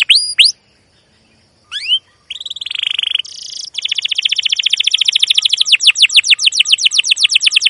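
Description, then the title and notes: Canary giving bright upslurred chirps and a buzzy phrase, then a long fast trill of repeated sweeping notes. Canary recording used as a lure to train young canaries to learn to sing; song described as long, energetic 'cuit cuit' chirping with rolling phrases. "CUIT CUIT NGEROL LANGSUNG GACOR PANJANG Kenari Ini AMPUH Utk Pancingan KENAR. PANCINGAN Kenari GACOR PANJANG Cuit CUIT EMOSI ini AMPUH utk MASTERAN Kenari PAUD belajar BUNYI. burung kenari"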